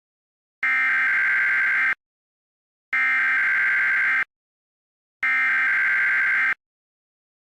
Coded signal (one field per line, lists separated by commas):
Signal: Emergency Alert System (SAME) tones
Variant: header bursts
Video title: FAKE Monthly EAS Test #2